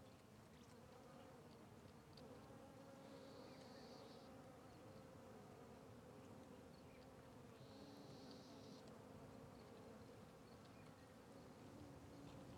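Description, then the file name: Fly: flies hum continuously at low pitch; two short high buzzy bursts, near four and eight seconds, sound over the drone. Flies circling a tree on the Sertão Zen trail; natural ambience recording. "Ambiencia na Trilha do Sertao Zen com Moscas Circudando Arvore"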